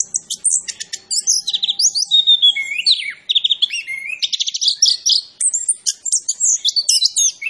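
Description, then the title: Orange-headed thrush in energetic song: high chattering notes, slurred whistles and rattling trills run together in a dense stream with only brief pauses. Indonesian name anis kembang; described as gacor, meaning actively singing; bird referred to as Macan B2. "Anis Kembang Gacor. Suara Anis Kembang Macan B2"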